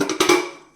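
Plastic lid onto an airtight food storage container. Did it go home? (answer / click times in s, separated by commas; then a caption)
yes / 0.0 s, 0.1 s, 0.2 s. The plastic lid of a black airtight plastic kitchen storage container, used for biscuits and cookies, is closed so its locking clips snap into place. Three sharp clicks land at 0.0, 0.1 and 0.2 s, the last one loudest, followed by a short fading ring. The lid locks shut, seated airtight.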